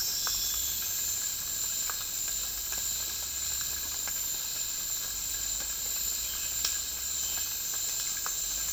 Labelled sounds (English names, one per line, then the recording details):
none
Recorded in dense forest near Puerto Asís, Putumayo, Colombia, on 12 March 2025 at 09:30
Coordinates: 0.485, -76.318
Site G056